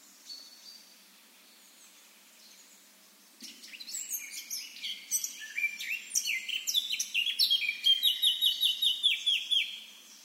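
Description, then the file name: Eurasian blackcap: after a faint start, a loud rambling warble begins and ends in a run of clear repeated whistled notes. "Sylvia atricapilla"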